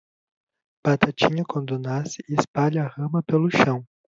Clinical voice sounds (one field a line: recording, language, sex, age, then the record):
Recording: short text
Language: Brazilian Portuguese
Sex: male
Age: 20 to 29 years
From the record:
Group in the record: control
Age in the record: 21 years